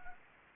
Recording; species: mosquito wingbeat signal from an infrared sensor; Anopheles gambiae